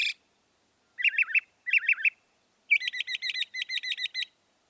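Northern mockingbird singing two short bursts of rapid warbled notes, then a longer series of repeated twisting, buzzy syllables.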